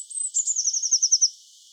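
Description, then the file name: Eurasian blue tit giving a thin high note leading into a rapid, slightly falling trill of about ten bright notes that ends abruptly. "Cyanistes caeruleus"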